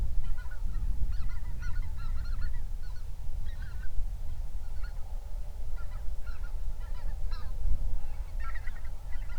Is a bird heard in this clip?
yes